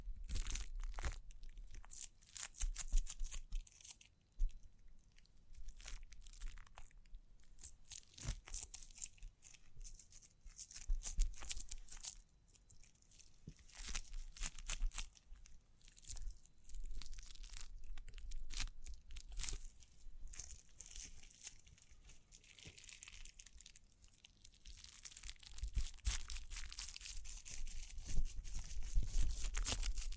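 Crinkling, scratching and brushing sounds run through the whole clip, a dense stream of dry rustles with sharp tapping clicks scattered throughout. Activity swells and dips, with a brief lull near five seconds and busier, brighter crackling after twenty-five seconds, over a low steady rumble.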